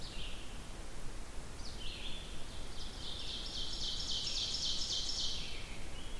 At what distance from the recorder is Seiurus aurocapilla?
about 70 m